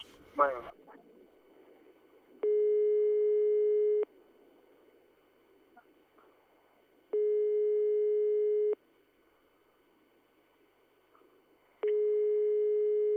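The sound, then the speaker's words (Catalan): A telephone line ringing tone sounds in three long, steady bursts of about a second and a half each, separated by silent gaps, with a low hum in between, as the call goes unanswered. “Espera, que diu el senyor tècnic que torna a estar sonant”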